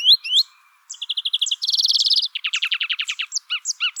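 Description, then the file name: European greenfinch calls: two sharp rising chirps, then fast even trills of repeated notes, ending in spaced, bright twittering notes. "Chloris chloris"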